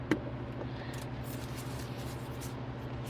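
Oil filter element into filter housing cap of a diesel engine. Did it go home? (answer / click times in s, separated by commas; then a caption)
yes / 0.1 s. A new paper oil filter element is dropped into the plastic filter housing cap of a 3.0L EcoDiesel engine and pressed down, snapping into place at 0.1 s with a single short, sharp click over a steady low hum. The element is seated in the cap.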